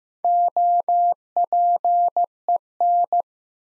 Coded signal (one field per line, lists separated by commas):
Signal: Morse code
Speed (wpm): 15 wpm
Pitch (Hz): 700 Hz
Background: none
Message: OPEN